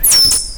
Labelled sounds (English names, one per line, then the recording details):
Stitchbird song
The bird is a male
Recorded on Tiritiri Matangi Island, New Zealand, in 2005
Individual 3, of nest box 3